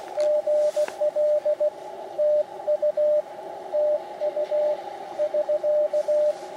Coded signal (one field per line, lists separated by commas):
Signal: Morse code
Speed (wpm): 16 wpm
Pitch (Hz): 600 Hz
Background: radio noise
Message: GL TU TU <SK>